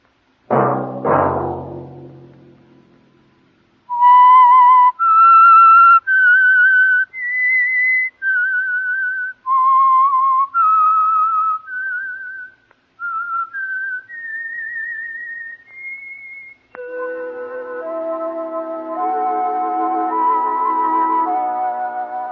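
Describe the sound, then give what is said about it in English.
A lone whistled theme tune, the signal for a weekly Sunday-night radio program sponsored by Signal Oil, carries a slow melody of clear, sustained notes that step upward, after a brief low rumble, then gives way to a swelling orchestral chord at the end. “Let that whistle be your signal for the Signal Oil program, The Whistler, each Sunday night at the same time.”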